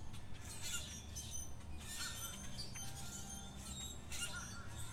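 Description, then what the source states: Birds squawking and chirping in harsh bursts at irregular intervals, several calling together over a steady low rumble. Birds chirping at Zoo Miami.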